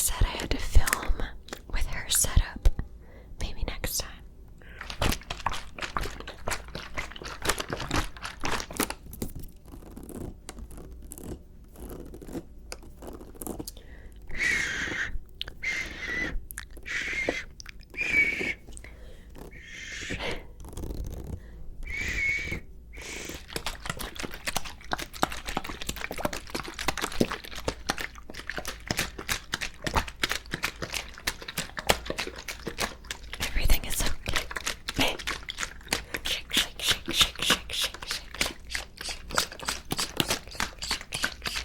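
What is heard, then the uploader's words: Wet, misty spraying and dripping water sounds made as ASMR triggers, built from dense clusters of quick crackly ticks and hisses. Around the middle, brighter squishy bursts stand out between short pauses, and the texture stays busy and uneven to the end. ASMR MISTY WATER TRIGGERS (WET ASMR).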